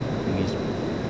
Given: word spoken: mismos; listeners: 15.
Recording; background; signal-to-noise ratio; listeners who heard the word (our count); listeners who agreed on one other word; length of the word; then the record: one Spanish word in noise, from a listening test; speech-shaped noise; -4.6 dB; 1 of 15; 9 of 15; 0.70 s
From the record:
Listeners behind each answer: 9, 1, 1, 1, 1, 1, 1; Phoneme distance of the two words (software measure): 7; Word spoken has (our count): 2 syllables, 6 phonemes, stress on syllable 1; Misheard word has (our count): 2 syllables, 5 phonemes, stress on syllable 1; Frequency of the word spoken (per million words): 137.69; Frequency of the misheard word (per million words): 857.02